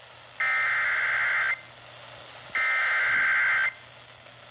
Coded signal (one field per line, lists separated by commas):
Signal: Emergency Alert System (SAME) tones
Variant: header bursts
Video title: EAS Alerts From 5/16-5/17/25: A Compilation (EAS 664-684)